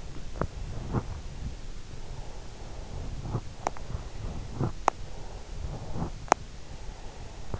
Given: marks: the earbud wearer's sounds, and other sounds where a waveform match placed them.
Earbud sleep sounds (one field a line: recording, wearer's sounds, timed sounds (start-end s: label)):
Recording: sounds in sleep by an in-ear microphone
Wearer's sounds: breath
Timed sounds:
0.34-1.39 s: breath
2.06-4.65 s: breath
5.04-7.60 s: breath